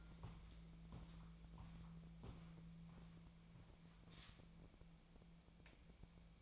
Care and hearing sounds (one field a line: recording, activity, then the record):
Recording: daily activity, microphone in the room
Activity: walk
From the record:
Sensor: 1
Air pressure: 1012.2 hPa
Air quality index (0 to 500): 178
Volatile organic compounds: 3 ppm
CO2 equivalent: 1462 ppm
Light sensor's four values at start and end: 48/132/54/66 and 51/139/57/70